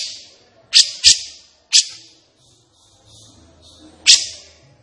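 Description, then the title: Grey-cheeked bulbul uttering scattered sharp, explosive high notes, two in quick succession, with quiet gaps between them. Singing energetically and persistently (gacor), agitated (emosi), as a tutoring track (masteran) for training caged birds. "Cucak Jenggot Gacor. Cucak Jenggot Emosi Untuk Masteran"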